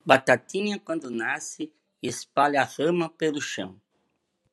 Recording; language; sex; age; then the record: short text; Brazilian Portuguese; male; 50 to 59 years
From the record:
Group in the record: control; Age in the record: 55 years